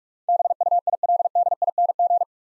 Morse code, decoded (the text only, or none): BUILDING